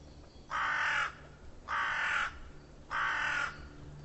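Bird giving three harsh, hoarse caws, each about half a second long, spaced just over a second apart.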